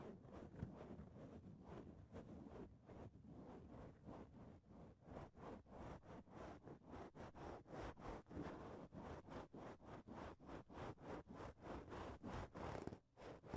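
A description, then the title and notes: Mic being touched and handled, producing a constant thick low rumble with scratchy rubbing over it. Rapid bumps and brushes repeat throughout, growing more regular and pulsing after about six seconds, with a brief drop just before the end. Mic touching.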